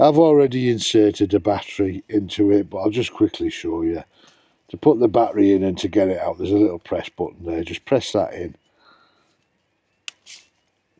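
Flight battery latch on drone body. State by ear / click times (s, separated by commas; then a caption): released / 10.1 s. Someone talks about the flight battery on a Ruko F11 PRO 2 drone body, then the battery's release button is pressed. A sharp click sounds at 10.1 seconds as the latch lets go and the battery is released so it can be pulled out.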